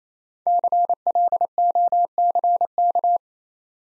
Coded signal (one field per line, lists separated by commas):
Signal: Morse code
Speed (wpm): 27 wpm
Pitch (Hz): 700 Hz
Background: none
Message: CLOCK